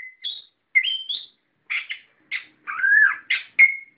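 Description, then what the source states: Songbird song with scattered chirps and a long wavering whistle, phrases broken by short silences. Masteran recording, used to train other cage birds to sing.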